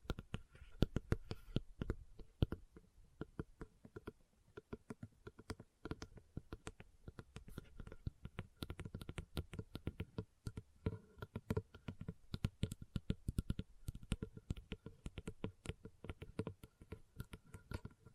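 Leather tapping and scratching: quick, irregular taps fall in dense clusters throughout, each a sharp click with a dull low thump under it. Brief scratchy stretches appear between the taps, and the busy rhythm never settles into a steady beat.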